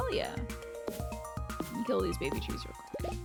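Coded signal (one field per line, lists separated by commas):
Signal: none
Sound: game sound effect beeps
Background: speech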